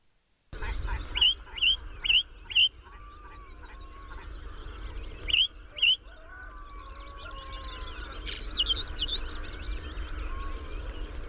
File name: ouzel song